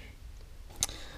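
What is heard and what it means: Working from underneath a CRX during a clutch replacement, the small plastic retaining clip on the gearbox speed sensor's electrical connector is unclipped by finger without removing the bracket. A sharp click is heard at 0.8 s, followed by a fainter tick just after, over low background noise. The clip releases fairly easily, taking a bit of finger work to pull.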